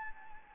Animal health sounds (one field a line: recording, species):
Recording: mosquito wingbeat signal from an infrared sensor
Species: Anopheles gambiae